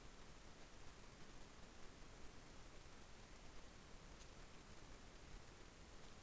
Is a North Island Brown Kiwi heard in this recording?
no